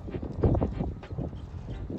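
A new OEM black hood emblem is handled and centered in its mount on the hood of a Mercedes-Benz C300 W204. Short knocks and scraping sounds are heard around 0.4 to 0.6 s. The emblem has not yet been pushed down, so nothing has clicked or seated yet.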